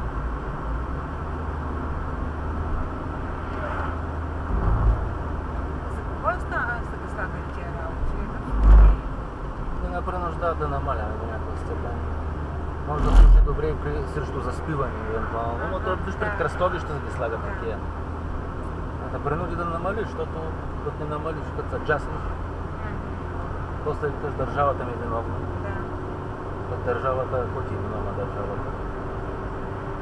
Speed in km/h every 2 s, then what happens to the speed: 64, 61, 57, 54, 52, 48, 46, 48, 48, 49, 49, 51, 54, 58, 58.
0-11 slows to 46. 11-21 steady at about 48. 21-26 speeds up to 58.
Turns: none.